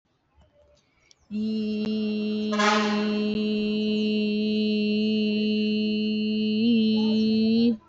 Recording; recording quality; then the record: sustained vowel as in beet; excellent, no background noise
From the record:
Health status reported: exposed to COVID-19, no respiratory illness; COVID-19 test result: negative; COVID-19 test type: RT-PCR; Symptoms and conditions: cough, cold, sore throat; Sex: female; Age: 25 years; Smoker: no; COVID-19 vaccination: both doses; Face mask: not worn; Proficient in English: yes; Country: India